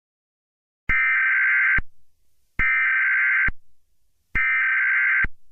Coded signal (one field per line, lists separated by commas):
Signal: Emergency Alert System (SAME) tones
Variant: header bursts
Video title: EAS Scenario 6 - Evolto Strikes! (PT 1!)